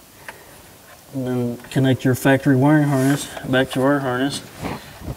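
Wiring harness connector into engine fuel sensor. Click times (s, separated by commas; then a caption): 0.3 s. On a New Holland C337 compact track loader, a performance module's female wiring harness connector is pushed onto the engine fuel sensor, oriented the same way as the factory plug that was pulled off. A sharp, short click at 0.3 s shows it seating. Someone then talks.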